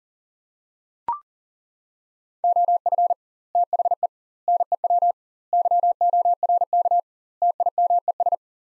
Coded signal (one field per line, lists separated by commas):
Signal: Morse code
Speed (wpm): 40 wpm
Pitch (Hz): 700 Hz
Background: none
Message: OF THE NEW YORK TIMES